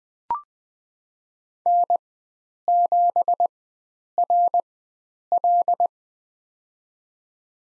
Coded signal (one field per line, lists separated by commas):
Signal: Morse code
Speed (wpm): 20 wpm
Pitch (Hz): 700 Hz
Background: none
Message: N7RL